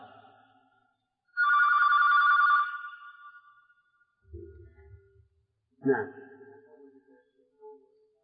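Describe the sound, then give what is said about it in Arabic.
A telephone rings once, a loud, steady electronic trill lasting about a second, then stops; a few muffled sounds and then a voice speaking follow. “اي نعم، لأنني كنت أجد التلفون حقيقي ولا ونسيت.”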